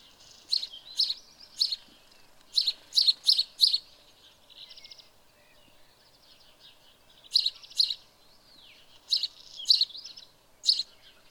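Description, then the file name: House sparrow chirping, short bursts of clustered chirps separated by pauses, over a quiet background. "Passer domesticus"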